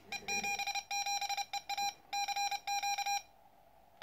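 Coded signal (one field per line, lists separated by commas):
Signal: Morse code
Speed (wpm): 29 wpm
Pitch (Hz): 810 Hz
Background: none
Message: E77EA CQ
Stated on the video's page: Morse from first QSOs on a freshly built and aligned QCX Mini transceiver.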